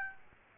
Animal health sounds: mosquito wingbeat signal from an infrared sensor; Aedes aegypti

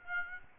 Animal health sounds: mosquito wingbeat signal from an infrared sensor; Aedes aegypti

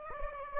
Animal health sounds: mosquito wingbeat signal from an infrared sensor; Aedes aegypti

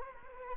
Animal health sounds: mosquito wingbeat signal from an infrared sensor; Anopheles arabiensis

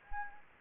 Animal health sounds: mosquito wingbeat signal from an infrared sensor; Anopheles gambiae

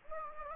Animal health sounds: mosquito wingbeat signal from an infrared sensor; Anopheles gambiae

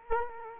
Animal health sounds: mosquito wingbeat signal from an infrared sensor; Culex quinquefasciatus

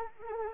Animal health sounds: mosquito wingbeat signal from an infrared sensor; Anopheles arabiensis

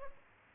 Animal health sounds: mosquito wingbeat signal from an infrared sensor; Aedes aegypti

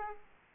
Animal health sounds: mosquito wingbeat signal from an infrared sensor; Aedes aegypti

